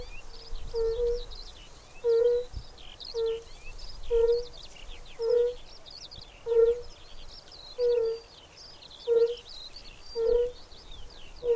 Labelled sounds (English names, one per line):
Fire-Bellied Toad call